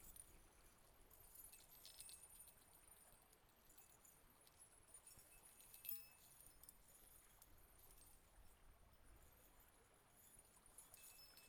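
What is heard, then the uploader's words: Small bells on reindeer antlers jingle softly and almost continuously, bright and shimmering, with a sharper ring near six seconds over faint low rumble. A pair of bell-embellished reindeer antlers play a central role in creating the soundscape.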